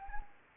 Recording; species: mosquito wingbeat signal from an infrared sensor; Anopheles gambiae